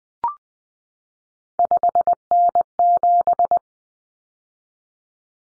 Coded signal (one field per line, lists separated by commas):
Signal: Morse code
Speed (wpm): 20 wpm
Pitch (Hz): 700 Hz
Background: none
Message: 5N7